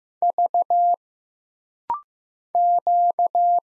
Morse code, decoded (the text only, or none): V Q